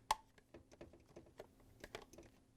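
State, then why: Seated. A dishwasher control board (control panel part #W10811155) is seated into its plastic control panel: with the tabs at one end already in, the other end is pushed down. It snaps and locks in place with a strong, sharp click at 0.1 s. Lighter taps and clicks follow through the rest of the clip.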